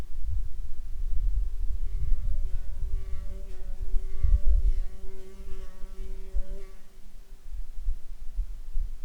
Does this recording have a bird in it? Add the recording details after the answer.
no. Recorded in Ivvavik National Park, Yukon, on 1 July 2019 at 11:59. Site SINP09